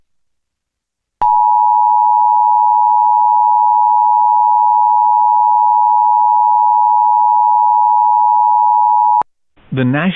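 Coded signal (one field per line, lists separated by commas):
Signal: Emergency Alert System (SAME) tones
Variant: 853 and 960 Hz attention tone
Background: speech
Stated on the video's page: Mock severe thunderstorm warning containing valid EAS tones, a test mockup rather than a real alert.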